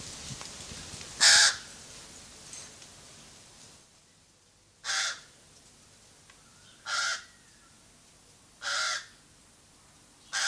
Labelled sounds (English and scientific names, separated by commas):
Pied Crow (Corvus albus) call